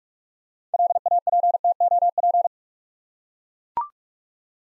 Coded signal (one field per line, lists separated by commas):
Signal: Morse code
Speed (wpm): 44 wpm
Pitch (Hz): 700 Hz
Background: none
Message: LAPTOP